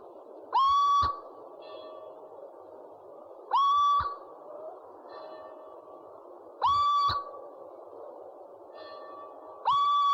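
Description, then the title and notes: Owl calls: loud upslurred, harmonic-rich whistles repeated about every three seconds, with quieter notes between them over steady background noise. Part of a compilation of 69 call variants from 11 owl species. "Sovy - Eulen - Owls. 69 variant hlasů - 11 druhů sov"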